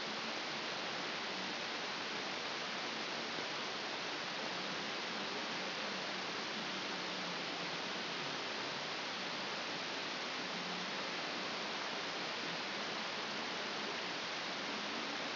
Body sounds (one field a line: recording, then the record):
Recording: brain microelectrode recording played as sound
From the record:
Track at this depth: inside the subthalamic nucleus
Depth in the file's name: 2.733 mm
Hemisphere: left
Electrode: 2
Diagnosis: Parkinson's disease